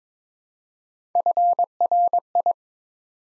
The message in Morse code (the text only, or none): FRI